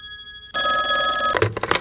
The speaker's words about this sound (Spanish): ¿El teléfono? Pero qué raro, si este solo suele sonar al final del programa.